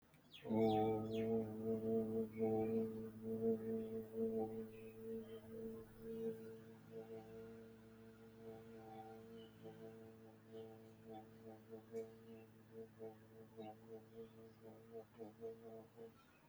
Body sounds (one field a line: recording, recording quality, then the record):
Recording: sustained vowel as in boot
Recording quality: moderate, slight background noise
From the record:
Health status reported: healthy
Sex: male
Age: 48 years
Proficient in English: yes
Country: India